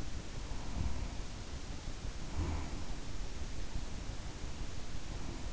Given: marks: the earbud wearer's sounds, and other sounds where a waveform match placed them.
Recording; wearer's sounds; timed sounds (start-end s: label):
sounds in sleep by an in-ear microphone; breath
0.49-2.88 s: breath
5.10-5.53 s: breath